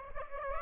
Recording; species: mosquito wingbeat signal from an infrared sensor; Aedes aegypti